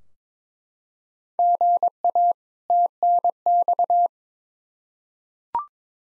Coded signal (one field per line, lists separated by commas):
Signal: Morse code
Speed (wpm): 22 wpm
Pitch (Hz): 700 Hz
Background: none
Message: GA TNX